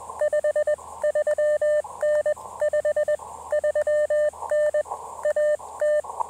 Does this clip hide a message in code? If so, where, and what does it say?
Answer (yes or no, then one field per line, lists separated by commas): yes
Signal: Morse code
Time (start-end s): 0.2-6.0 s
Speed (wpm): 20 wpm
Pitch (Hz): 600 Hz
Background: none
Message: 53N 53N AT